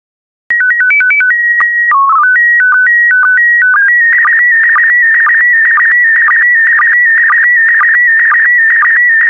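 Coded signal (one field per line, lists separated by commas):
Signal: SSTV (slow-scan television)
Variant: PD120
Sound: stepped calling tones, then a steady warbling tone near 2 kHz with regular clicks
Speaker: Get ready. Starting transmission in 5, 4, 3, 2, 1. Transmission complete. You can now check your decoded image against the picture that is shown on the video.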